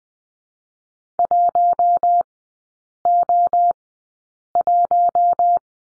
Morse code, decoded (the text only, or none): 1O1